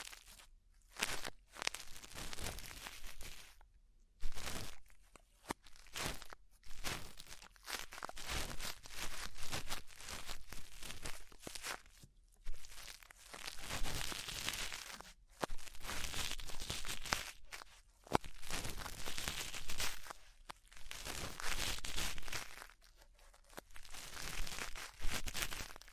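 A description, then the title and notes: Ear cleaning sounds: dense, bright crinkling and scratchy rustles in irregular bursts, broken by brief silences and a few sharp clicks. ASMR Deep Ear Cleaning Session. (No Talking).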